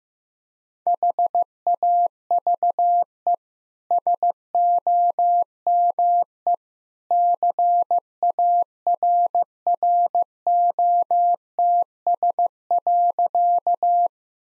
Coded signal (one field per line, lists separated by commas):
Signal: Morse code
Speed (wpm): 15 wpm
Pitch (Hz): 700 Hz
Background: none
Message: HAVE SOME CARROTS.